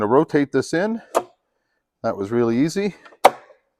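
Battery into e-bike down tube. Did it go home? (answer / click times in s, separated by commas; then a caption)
partly / 3.2 s. Someone talks while rotating the battery into the down tube of an Intense Tazer MX Pro Carbon e-bike. A sharp click comes at 3.3 s. The battery clicks in but is not locked yet.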